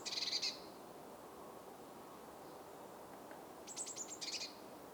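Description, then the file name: Eurasian blue tit call: a short buzzy churr, then a few seconds later a quick series of very high thin notes running into another scolding buzz. "Cyanistes caeruleus"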